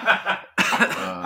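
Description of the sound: An adult gives two harsh coughs in quick succession, still coughing after taking a hit while smoking weed. The first is shorter and the second is a longer, rougher burst with some voice in it. It is a dry, irritated-sounding cough in a small room.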